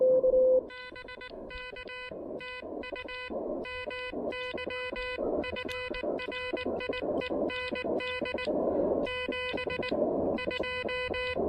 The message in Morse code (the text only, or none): BK TU MY FRIEND 72